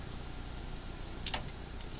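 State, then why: Seated. A RAM module is pressed down into a motherboard DIMM slot until the retention clips snap shut. Against a steady low background hiss, a sharp double click lands at 1.3 s and 1.3 s, followed by a fainter tick at 1.8 s. The stick is seated and locked in place.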